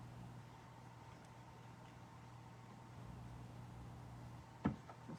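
Plastic lids are pressed back onto paint containers once the paints are finished with, over a steady low hum. Two short taps are heard at 4.7 s and 4.9 s as the lids seat.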